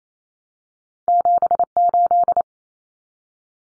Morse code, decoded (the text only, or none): 78